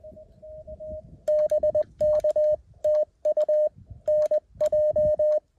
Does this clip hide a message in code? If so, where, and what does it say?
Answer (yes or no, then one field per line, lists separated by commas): yes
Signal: Morse code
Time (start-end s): 1.3-5.4 s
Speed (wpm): 20 wpm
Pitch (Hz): 590 Hz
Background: none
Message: BK TU NJ